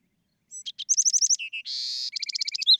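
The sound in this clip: Bewick's wren gives one short phrase: a few opening notes, a loud rapid trill, a harsh buzz, then a closing trill.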